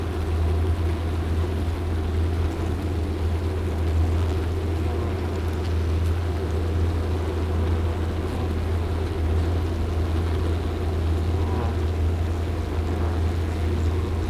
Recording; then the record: honeybees, microphone in the hive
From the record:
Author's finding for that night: worker piping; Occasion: New Year's Eve 2019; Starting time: 5:03:00 PM